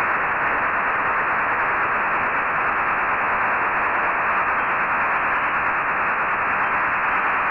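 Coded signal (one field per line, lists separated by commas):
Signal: HF data modem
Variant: STANAG 4285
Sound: steady wide hissing rush, like continuous buzzy static, unchanging for the whole clip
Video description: decode a French Navy Stanag 4285 Signal. This just seems to be a test signal, sending the French equivalent to the quick brown fox.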